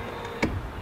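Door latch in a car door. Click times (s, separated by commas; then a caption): 0.4 s. A small button on the door of an SSC Tuatara hypercar is pressed, and the door latch inside releases with a short, sharp click at 0.4 s. The click stands out against quiet background noise, and the latch opens.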